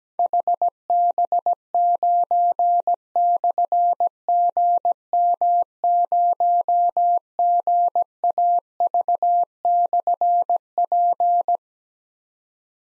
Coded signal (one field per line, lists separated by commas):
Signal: Morse code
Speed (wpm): 17 wpm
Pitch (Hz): 700 Hz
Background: none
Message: HB9/GM0GAV/P